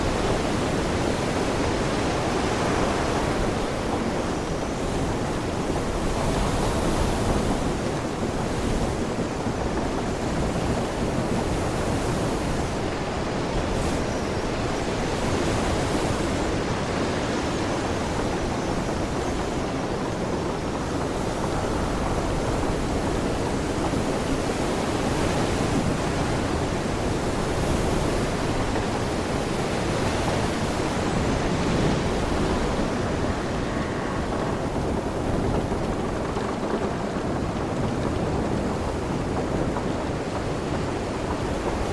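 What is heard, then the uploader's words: Waves wash against a ship's hull in a dense, unbroken roar that holds the same loudness throughout. Gusts of wind brush across the microphone, with faint surges rising every few seconds and a deep, rumbling low end beneath. Sailing On a Pirate Ship: Adventure on the High Seas. This episode features only natural soundscapes with no dialogue or voice.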